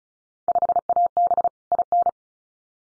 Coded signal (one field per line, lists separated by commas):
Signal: Morse code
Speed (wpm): 36 wpm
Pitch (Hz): 700 Hz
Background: none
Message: 5AB IN